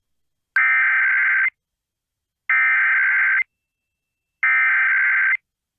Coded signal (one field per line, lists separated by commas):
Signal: Emergency Alert System (SAME) tones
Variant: header bursts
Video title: EAS Required Monthly Test Minnesota/Wisconsin (Christmastime in the Iron Range Edition!)